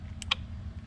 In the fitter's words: sure you hear the Click on each one of them